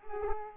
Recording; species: mosquito wingbeat signal from an infrared sensor; Culex pipiens